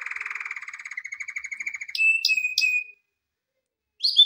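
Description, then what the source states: Canary song: a fast buzzy trill, then a smoother rolling trill, then bright whistled notes with sharp clicks, a second of silence, and a short high chirp at the end. Canary song recorded for training canaries.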